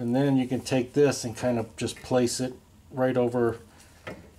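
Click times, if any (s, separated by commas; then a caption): 4.1 s. A part is placed over the reinstalled exhaust pipe near the subframe on a 2006 Honda Civic during a starter replacement and pressed home. Someone talks, then a single short hit is heard at 4.1 s as it pops into place.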